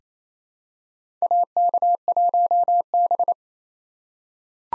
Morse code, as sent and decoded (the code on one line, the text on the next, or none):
.- -.- .---- -...
AK1B